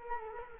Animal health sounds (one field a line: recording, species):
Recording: mosquito wingbeat signal from an infrared sensor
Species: Culex quinquefasciatus